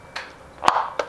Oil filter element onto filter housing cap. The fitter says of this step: um then you're going to take your new filter and you're just going to slide it over top and you'll hear it click